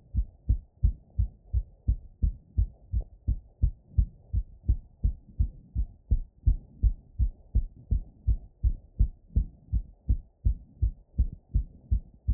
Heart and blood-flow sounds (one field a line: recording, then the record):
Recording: heart sounds by stethoscope after running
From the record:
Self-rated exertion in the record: light exertion (2 of 6)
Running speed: 7 mph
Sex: male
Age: 18 years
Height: 179 cm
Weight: 72 kg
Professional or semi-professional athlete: no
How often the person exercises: 3 to 5 times a week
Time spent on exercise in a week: 3 to 4 hours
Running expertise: yes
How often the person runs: under once a week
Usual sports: weight training, basketball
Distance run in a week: 1 km